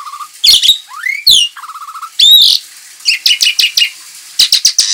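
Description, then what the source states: Javan pied starling song with a low buzzy trill, rising and falling slurred whistles, loud harsh squawks and short bursts of scratchy chatter separated by brief gaps. Lure call recording (pancingan).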